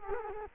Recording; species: mosquito wingbeat signal from an infrared sensor; Culex quinquefasciatus